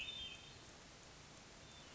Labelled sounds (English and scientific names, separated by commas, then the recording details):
Hermit Thrush (Catharus guttatus)
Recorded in Sonoma County, California